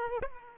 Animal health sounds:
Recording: mosquito wingbeat signal from an infrared sensor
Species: Aedes aegypti

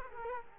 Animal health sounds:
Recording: mosquito wingbeat signal from an infrared sensor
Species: Culex quinquefasciatus

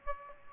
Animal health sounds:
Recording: mosquito wingbeat signal from an infrared sensor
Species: Aedes aegypti

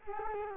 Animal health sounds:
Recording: mosquito wingbeat signal from an infrared sensor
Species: Culex quinquefasciatus

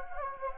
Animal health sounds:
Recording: mosquito wingbeat signal from an infrared sensor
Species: Anopheles gambiae

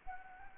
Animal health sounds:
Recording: mosquito wingbeat signal from an infrared sensor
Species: Anopheles gambiae

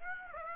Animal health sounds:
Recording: mosquito wingbeat signal from an infrared sensor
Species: Aedes aegypti

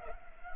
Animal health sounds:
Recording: mosquito wingbeat signal from an infrared sensor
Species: Culex pipiens

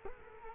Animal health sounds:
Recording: mosquito wingbeat signal from an infrared sensor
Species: Culex quinquefasciatus

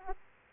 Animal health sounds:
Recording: mosquito wingbeat signal from an infrared sensor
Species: Aedes aegypti

